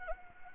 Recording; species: mosquito wingbeat signal from an infrared sensor; Anopheles arabiensis